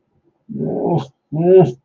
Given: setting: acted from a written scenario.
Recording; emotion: vocal sound without words; distress